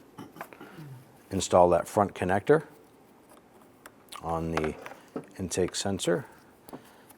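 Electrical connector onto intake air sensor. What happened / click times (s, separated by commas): The connector is handled but has not clicked home yet / none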